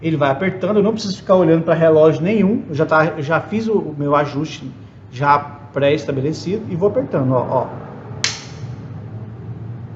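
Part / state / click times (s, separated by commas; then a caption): click-type torque wrench on a bolt / torque reached / 8.2 s. A man talks while tightening a bolt with a preset click-type torque wrench, without watching a dial. The wrench gives a single sharp snap at 8.2 s when it reaches its set torque, and the room goes quieter afterward.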